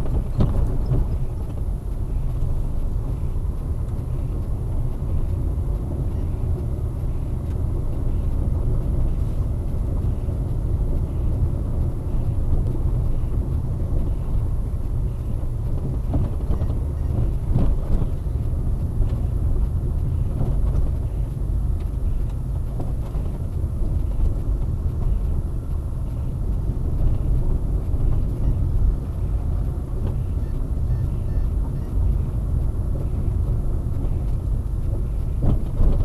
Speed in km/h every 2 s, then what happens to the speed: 20, 22, 23, 28, 27, 27, 24, 25, 26, 28, 28, 25, 26, 23, 24, 23, 23, 24.
0-6 speeds up to 28. 6-36 steady at about 25.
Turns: none.